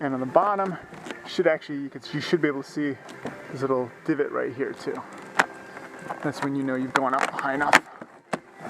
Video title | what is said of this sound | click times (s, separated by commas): How to install Vinyl Siding - Installing Trim on Vinyl Siding - Part 3 | You kind of feel it click in right here. | 8.3 s